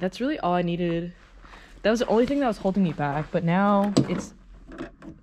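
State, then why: Seated. Someone talks, then a door lock or handle assembly is pushed home into the rear door of an mk4 R32 during reassembly of the rear door lock, with a short sharp click at 5.0 s as it latches into place. The only crack heard comes from the small rubber seal around it breaking, not from the latch itself.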